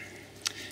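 During bonnet removal on a 1997–2005 Audi A6/S6/RS6 (C5), a plastic compression-type clip that snaps on from both sides is pulled off the end of a threaded stud. Against quiet low background noise, a single short, sharp pop with bright high-frequency energy is heard at 0.5 s (0.47 s). The clip is released from the stud.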